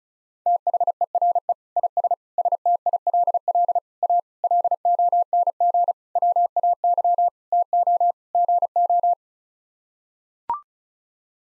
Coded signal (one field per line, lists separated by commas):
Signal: Morse code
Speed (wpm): 34 wpm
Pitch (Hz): 700 Hz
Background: none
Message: THERE IS STILL A LONG WAY TO GO